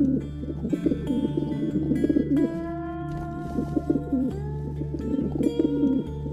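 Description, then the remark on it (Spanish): Pigeons coo at dusk at an old house among pine woods in the Deep South, in soft, repeated throaty bursts over a steady low humming drone, with a few sustained higher tones shifting pitch partway through. “La casa Blassenville, donde al atardecer las palomas vuelven del infierno.”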